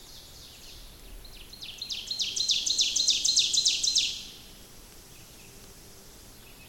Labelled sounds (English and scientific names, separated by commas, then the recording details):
Ovenbird (Seiurus aurocapilla) song
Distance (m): 25 m
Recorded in boreal forest in Alberta, Canada, on 28 May 2016 at 06:44
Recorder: SongMeter 3, array SBT-3-49
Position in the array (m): 107 m, 264 m
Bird 14